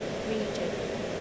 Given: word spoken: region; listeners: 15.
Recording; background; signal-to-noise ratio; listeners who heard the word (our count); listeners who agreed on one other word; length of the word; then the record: one English word in noise, from a listening test; speech-shaped noise; -4.6 dB; 3 of 15; 6 of 15; 0.81 s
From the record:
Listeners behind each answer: 6, 3, 1, 1, 1, 1, 1, 1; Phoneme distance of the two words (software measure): 30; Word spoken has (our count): 2 syllables, 5 phonemes, stress on syllable 1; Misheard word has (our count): 2 syllables, 5 phonemes, stress on syllable 1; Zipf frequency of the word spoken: 4.79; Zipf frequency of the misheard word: 4.78